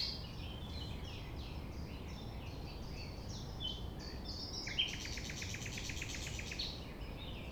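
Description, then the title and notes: Common nightingale song: soft varied chirping notes, then a sudden loud sharp note opening a fast, regular rattling trill lasting about two seconds, over low rumble. Recorded at 6 a.m. at sunrise near the Thève river at Champ de Ménage; the nightingale sings without waiting for silence. "6 A.M. Lever du soleil non loin de la Thève au Champ de Ménage. Le rossignol n'attend pas le silence."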